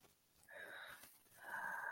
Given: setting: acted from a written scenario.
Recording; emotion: vocal sound without words; ecstasy